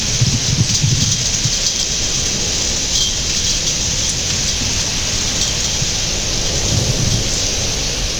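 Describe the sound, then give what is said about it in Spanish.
Steady, dense rain that has just started falling in Spain hisses without a break, while low thunder rumbles twice, once at the start and again near the end. No voices are heard. “Estoy trabajando ahora que empezó a llover”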